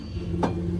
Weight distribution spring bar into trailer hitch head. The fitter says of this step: the bar faces up there's a hole right here and this has to click